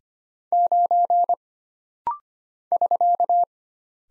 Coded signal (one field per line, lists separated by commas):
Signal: Morse code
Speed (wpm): 25 wpm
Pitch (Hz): 700 Hz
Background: none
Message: 9 <SK>